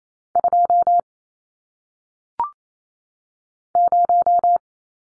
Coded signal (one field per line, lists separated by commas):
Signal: Morse code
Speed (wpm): 28 wpm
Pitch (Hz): 700 Hz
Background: none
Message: 2 0